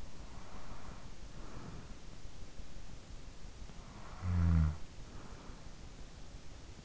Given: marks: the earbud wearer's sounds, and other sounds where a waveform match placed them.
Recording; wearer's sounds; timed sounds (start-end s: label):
sounds in sleep by an in-ear microphone; breath, snoring breath
0.00-2.63 s: breath
3.48-6.28 s: snoring breath